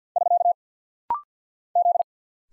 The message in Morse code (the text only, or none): <SK> Z